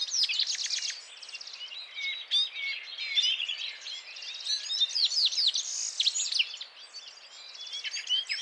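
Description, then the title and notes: Citril finch song, a dense chorus of high twittering, buzzy trills and rapid chirps from several birds overlapping continuously, with short metallic notes throughout. Males singing in a flock before females at the end of winter, mountains, Vallon de Combeau, Drôme, France, 17 March 2017; recorded with Nagra Seven and Telinga P7. "Printemps de Venturon. Vallon de Combeau - Drôme"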